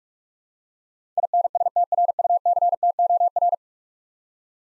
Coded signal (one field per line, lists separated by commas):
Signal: Morse code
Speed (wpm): 45 wpm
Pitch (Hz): 700 Hz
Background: none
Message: INSTRUCTOR